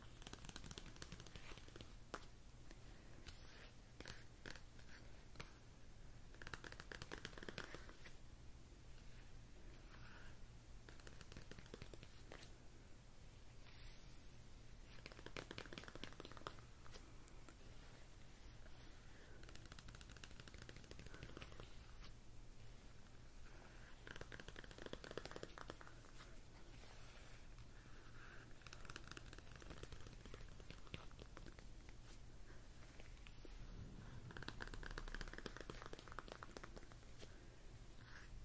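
Layered sounds and hand movements: a dense, busy texture of rustling, tapping and brushing that never lets up across the whole stretch. Brief sharper clicks and scrapes pop out every few seconds, over a steady low hum underneath.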